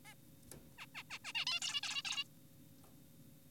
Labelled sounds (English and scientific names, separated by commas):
Zebra Finch (Taeniopygia guttata)